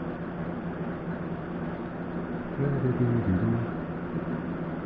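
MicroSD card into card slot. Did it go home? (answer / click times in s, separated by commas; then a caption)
no / none. A microSD card, which only fits one way, is oriented and lined up with its card slot before being pushed home, over a steady broadband hum. Someone talks briefly around 2.6 to 3.6 seconds, and nothing has seated or clicked yet.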